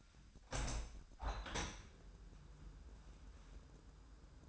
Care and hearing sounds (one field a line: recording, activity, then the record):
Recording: daily activity, microphone in the room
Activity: open window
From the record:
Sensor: 2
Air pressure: 998.4 hPa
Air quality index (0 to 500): 147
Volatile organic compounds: 4 ppm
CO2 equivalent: 1676 ppm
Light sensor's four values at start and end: 9/21/9/9 and 9/21/9/10